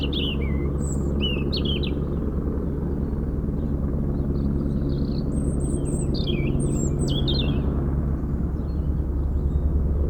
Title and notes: Près du lac du Bourget, un rouge-gorge chante dans une haie